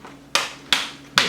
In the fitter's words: every area snaps correctly also